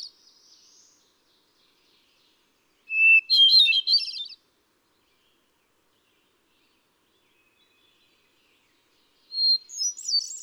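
Hermit thrush sings two phrases several seconds apart, each opening with a held whistle and rolling into bright, fluty trills, the second pitched higher.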